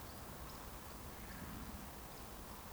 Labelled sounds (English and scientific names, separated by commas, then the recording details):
Eurasian Woodcock (Scolopax rusticola) whistle, Eurasian Woodcock (Scolopax rusticola) chase call
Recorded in Baden-Württemberg, Germany, on 15 June 2020 at 20:39 UTC
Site 14569, 102 m above sea level